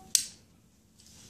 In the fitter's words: and then so pull it until you hear the click